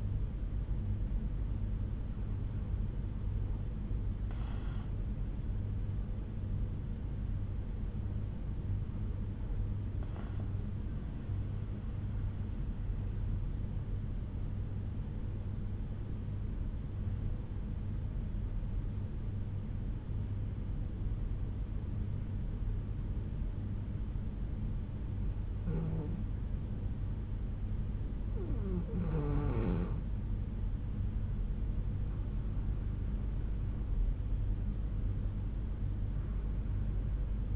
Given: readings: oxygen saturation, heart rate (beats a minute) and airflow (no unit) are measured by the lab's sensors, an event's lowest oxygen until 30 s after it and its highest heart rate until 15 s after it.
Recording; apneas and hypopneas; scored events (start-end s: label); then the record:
breathing in sleep by a smartphone at the bedside; 1
7.00-31.20 s: hypopnea (N2, oxygen 96% highest, then 87% lowest, heart rate 63 at the start, 73 highest)
22.00-37.56 s: new sleep stage, N1 (lightest sleep)
From the record:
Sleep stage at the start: N2 (light sleep); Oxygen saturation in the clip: 90 to 96%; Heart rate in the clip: 61 to 72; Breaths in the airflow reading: 7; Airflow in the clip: -7.7 to 7.1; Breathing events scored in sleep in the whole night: 368 in 8.0 hours asleep